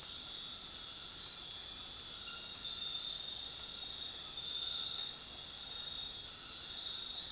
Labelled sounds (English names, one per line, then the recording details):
none
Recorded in dense forest near Puerto Asís, Putumayo, Colombia, on 19 February 2024 at 00:30
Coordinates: 0.466, -76.327
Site G6413